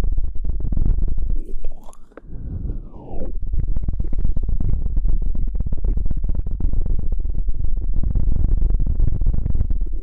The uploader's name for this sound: Mouth Sounds